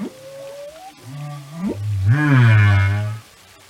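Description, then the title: Whale vocalization: a rising whistle-like tone and a low upswept moan, then a loud deep harmonic groan lasting about a second. "Whale Behavior"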